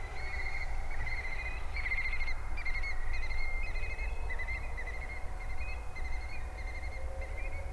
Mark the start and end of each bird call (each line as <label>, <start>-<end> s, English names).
Eurasian Stone-curlew, 0.15-7.52 s